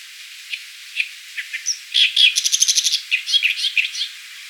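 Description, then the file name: Oriental reed warbler giving grating, chattering notes that build into a rapid rattling run of repeated harsh syllables, then slow to scattered croaks. "Acrocephalus orientalis"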